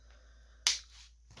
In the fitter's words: tight and then it loosens and it snaps into place